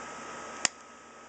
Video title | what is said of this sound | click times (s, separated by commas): How to replace SAAB 9-3 2003 up to 2011 key fob cover and battery | As you see, it clicked in, | 0.7 s